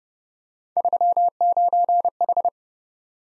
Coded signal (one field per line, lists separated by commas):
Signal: Morse code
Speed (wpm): 30 wpm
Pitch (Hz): 700 Hz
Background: none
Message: 39H